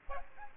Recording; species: mosquito wingbeat signal from an infrared sensor; Aedes aegypti